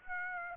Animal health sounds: mosquito wingbeat signal from an infrared sensor; Aedes aegypti

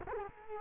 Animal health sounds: mosquito wingbeat signal from an infrared sensor; Culex quinquefasciatus

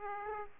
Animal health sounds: mosquito wingbeat signal from an infrared sensor; Aedes aegypti

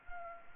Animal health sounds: mosquito wingbeat signal from an infrared sensor; Anopheles gambiae

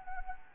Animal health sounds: mosquito wingbeat signal from an infrared sensor; Anopheles gambiae

